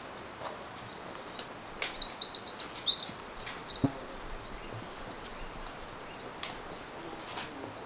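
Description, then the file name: Eurasian wren pouring out a long, very high, rapid series of trills and chattering notes for about five seconds, followed by quiet background with a faint click. "Troglodytes troglodytes"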